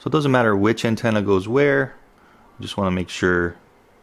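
Someone talks while handling a small snap-on (U.FL-type) antenna connector about to be pressed onto the antenna port of an FPV air unit. Only speech is heard, with quiet pauses between phrases. Nothing has seated or clicked yet.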